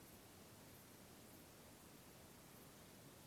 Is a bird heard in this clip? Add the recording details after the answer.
no. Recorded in France